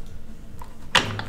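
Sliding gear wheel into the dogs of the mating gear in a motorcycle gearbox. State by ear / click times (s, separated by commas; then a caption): seated / 1.0 s. On an open motorcycle gearbox, a sliding gear wheel is shifted into the dogs of its mating gear. The dogs line up and the gear goes straight in, engaging immediately with a sharp clack at 0.96 s. Fainter ticks come at about 0.6 s and 1.2 s.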